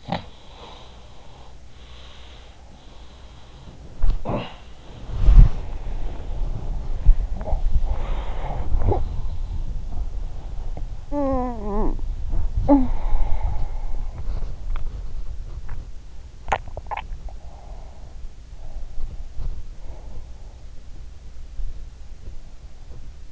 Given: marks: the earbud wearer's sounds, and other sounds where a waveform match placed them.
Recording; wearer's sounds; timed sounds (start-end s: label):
sounds in sleep by an in-ear microphone; body movement, swallowing, talking in sleep, teeth grinding, breath
0.00-2.62 s: sound from someone else or the room
3.06-23.32 s: body movement
7.23-7.70 s: swallowing
7.24-9.87 s: sound from someone else or the room
8.70-9.18 s: talking in sleep
10.95-14.31 s: talking in sleep
14.59-16.67 s: teeth grinding
16.32-17.23 s: swallowing
17.07-18.44 s: breath
18.72-21.00 s: breath